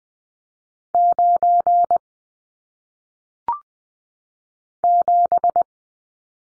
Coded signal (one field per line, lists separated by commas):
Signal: Morse code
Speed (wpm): 20 wpm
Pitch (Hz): 700 Hz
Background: none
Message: 9 7